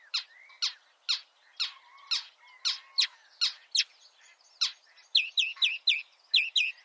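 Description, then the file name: Marsh warbler song, sharp ticking notes repeated at a steady pace over soft tones, then a quicker series of bright chirped phrases. "suara-kicauan-burung-marsh-warbler -omkicau"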